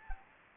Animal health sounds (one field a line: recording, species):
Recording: mosquito wingbeat signal from an infrared sensor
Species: Anopheles gambiae